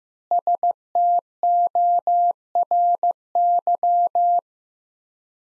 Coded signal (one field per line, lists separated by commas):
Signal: Morse code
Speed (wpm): 15 wpm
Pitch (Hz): 700 Hz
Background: none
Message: STORY